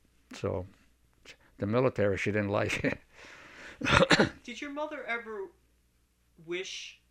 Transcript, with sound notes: so, the military she didn't like. (he laughs, he coughs)
Did your mother ever wish